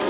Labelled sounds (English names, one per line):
Black-throated Green Warbler flight call